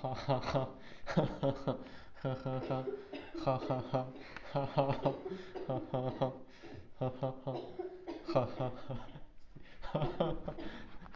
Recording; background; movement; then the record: laughter; a bystander coughing; sitting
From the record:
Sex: male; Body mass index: 23.7 kg/m2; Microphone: on the chest, facing outward